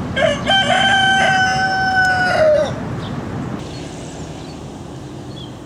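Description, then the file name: Chicken crowing: one long, drawn-out rooster crow lasting over two seconds, followed by steady background noise. "Gallo (Gallus gallus domesticus)"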